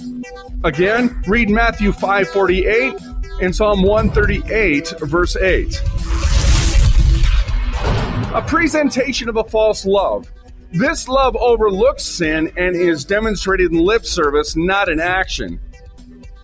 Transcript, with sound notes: Again, read Matthew and Psalm 138:8. (fire blazes) (thunder claps) A presentation of a false love. This love overlooks sin and is demonstrated in lip service, not in action.